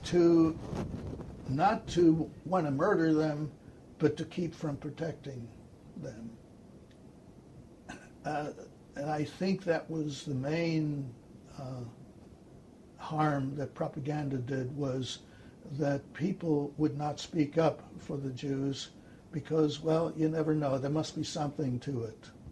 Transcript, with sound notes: To - not to want to murder them, but to keep from protecting them. (cough) I think that was the main harm that propaganda did—that people would not speak up for the Jews because, well, you never know, there must be something to it.